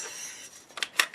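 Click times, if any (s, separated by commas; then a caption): none. Metal action parts of an Escort AimGuard pump-action shotgun slide into the receiver during reassembly, bringing a soft sliding hiss followed by sharp metallic clatter at about 0.8, 0.8, 1.0 and 1.1 seconds. The action fails to catch and comes all the way back, so nothing has seated or clicked yet.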